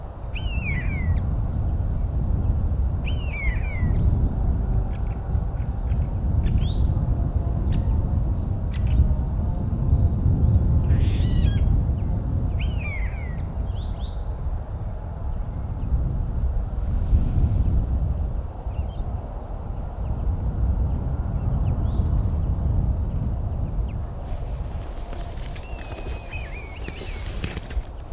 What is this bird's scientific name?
Sturnus vulgaris